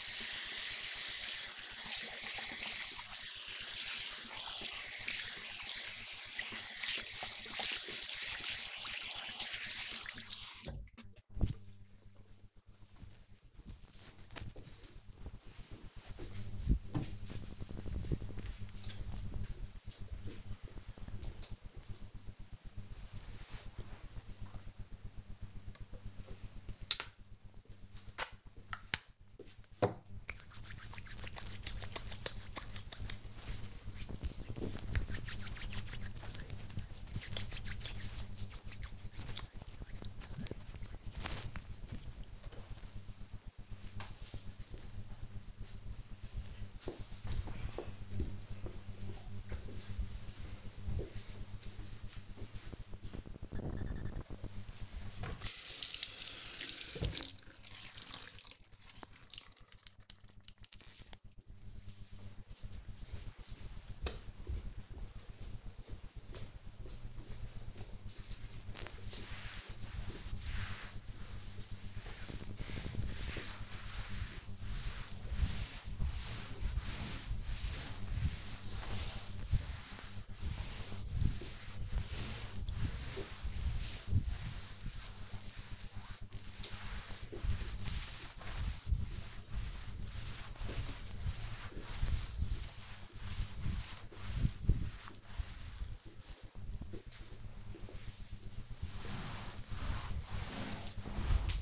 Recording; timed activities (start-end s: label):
household activities, microphone on the right wrist
0.00-11.08 s: washing hands
25.18-42.32 s: disinfecting hands
53.41-101.62 s: cleaning table